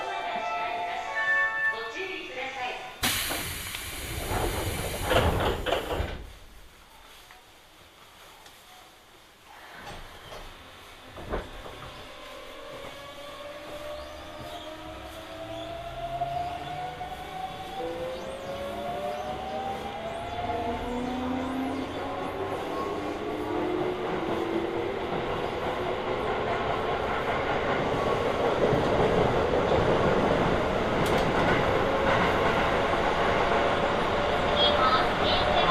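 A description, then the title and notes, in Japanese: A ride on the Hokuso Railway continuing onto the Toei Asakusa Line, heard from inside the train. A brief loud burst near 3–6 seconds, then the motor whine climbs in rising tones as the train speeds up, with steady wheel rumble building toward the end. 耳で楽しむ鉄道旅 北総鉄道→都営浅草線 東松戸→人形町。正確には京成高砂から京成本線と京成押上線を通って都営浅草線に入ります。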